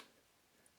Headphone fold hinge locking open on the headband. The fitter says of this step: can hear the click and let's